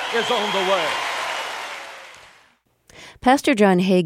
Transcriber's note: soundbite of cheering and clapping